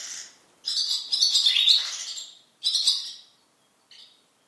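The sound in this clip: Barn swallow twittering, bursts of bright chattering notes with a squeaky trill, broken by short pauses and a final brief note.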